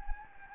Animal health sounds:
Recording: mosquito wingbeat signal from an infrared sensor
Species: Anopheles gambiae

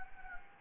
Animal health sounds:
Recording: mosquito wingbeat signal from an infrared sensor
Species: Anopheles gambiae

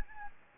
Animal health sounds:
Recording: mosquito wingbeat signal from an infrared sensor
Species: Anopheles gambiae

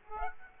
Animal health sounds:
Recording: mosquito wingbeat signal from an infrared sensor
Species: Aedes aegypti

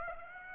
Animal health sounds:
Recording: mosquito wingbeat signal from an infrared sensor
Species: Aedes aegypti

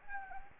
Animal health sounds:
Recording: mosquito wingbeat signal from an infrared sensor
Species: Anopheles gambiae

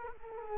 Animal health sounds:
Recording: mosquito wingbeat signal from an infrared sensor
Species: Culex quinquefasciatus

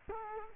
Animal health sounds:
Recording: mosquito wingbeat signal from an infrared sensor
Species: Culex quinquefasciatus

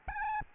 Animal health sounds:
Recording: mosquito wingbeat signal from an infrared sensor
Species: Aedes albopictus

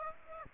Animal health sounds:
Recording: mosquito wingbeat signal from an infrared sensor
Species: Aedes aegypti

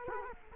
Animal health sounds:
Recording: mosquito wingbeat signal from an infrared sensor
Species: Culex quinquefasciatus

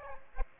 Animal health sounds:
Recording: mosquito wingbeat signal from an infrared sensor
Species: Aedes aegypti

